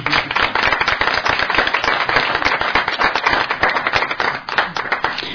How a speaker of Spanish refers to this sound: Un aplauso, por favor.